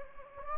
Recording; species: mosquito wingbeat signal from an infrared sensor; Anopheles gambiae